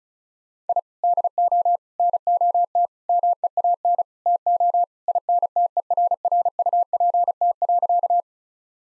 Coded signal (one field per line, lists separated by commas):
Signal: Morse code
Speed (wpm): 34 wpm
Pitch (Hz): 700 Hz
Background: none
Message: I DO NOT MEAN TO INTERRUPT.